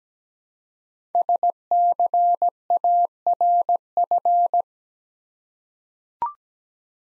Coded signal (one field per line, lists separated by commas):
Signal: Morse code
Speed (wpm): 17 wpm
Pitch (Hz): 700 Hz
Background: none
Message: SCARF